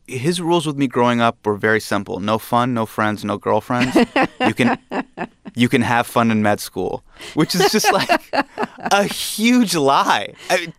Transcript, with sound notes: His rules with me growing up were very simple - no fun, no friends, no girlfriends.
(Laughter).
You can have fun in med school, which is just like a huge lie.